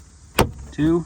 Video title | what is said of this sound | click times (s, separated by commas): If You Own a Tesla, Do This Now!!! No.1 Most Overlooked DIY Maintenance Item | also on the right press that in snaps in place and then on the top just we have one | 0.4 s